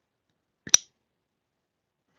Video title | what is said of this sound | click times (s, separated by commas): Take “Leave n Learn” Session 1 of 6 | you hear that click that | 0.7 s